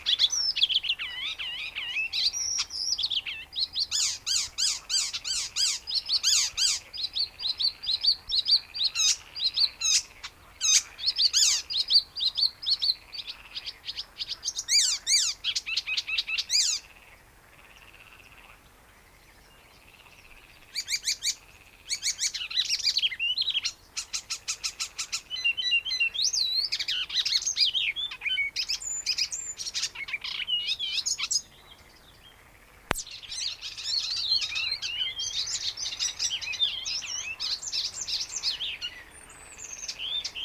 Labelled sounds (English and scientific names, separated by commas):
Icterine Warbler (Hippolais icterina)